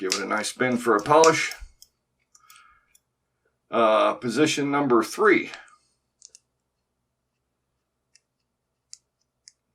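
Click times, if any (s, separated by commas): 8.9 s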